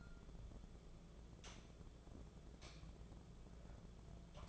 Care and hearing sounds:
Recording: daily activity, microphone in the room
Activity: light off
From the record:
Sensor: 5

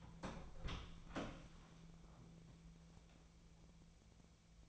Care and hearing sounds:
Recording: daily activity, microphone in the room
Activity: open door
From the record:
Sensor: 1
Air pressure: 1000.5 hPa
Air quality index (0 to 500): 182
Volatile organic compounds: 4 ppm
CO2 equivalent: 1682 ppm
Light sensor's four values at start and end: 13/31/13/15 and 13/31/13/15

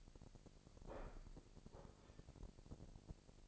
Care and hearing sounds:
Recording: daily activity, microphone in the room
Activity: place plate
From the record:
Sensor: 5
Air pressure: 1007.5 hPa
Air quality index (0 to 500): 81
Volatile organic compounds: 1 ppm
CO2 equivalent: 658 ppm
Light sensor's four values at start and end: 30/70/28/29 and 30/71/28/29

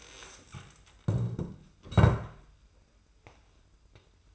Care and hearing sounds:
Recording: daily activity, microphone in the room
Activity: stand up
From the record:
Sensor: 2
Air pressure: 990.4 hPa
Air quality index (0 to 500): 182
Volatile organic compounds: 1000 ppm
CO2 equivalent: 5802 ppm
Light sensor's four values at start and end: 27/63/26/26 and 29/65/27/27

